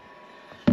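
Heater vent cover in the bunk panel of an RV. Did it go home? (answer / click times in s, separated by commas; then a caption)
released / 0.7 s. A plastic heater vent cover is pulled off the bunk-area panel of an RV to reach the water pump. After a low, quiet background, a single sharp pop sounds at 0.7 s as the cover pops free.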